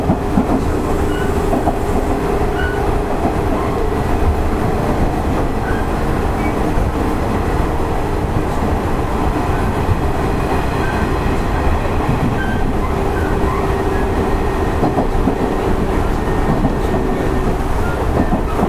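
Running noise from inside a Nishitetsu 5000 series train: a steady, dense low rumble and roar that holds level for the whole stretch. Faint tonal whines sit above it, and light rhythmic clicks of the wheels come through now and then.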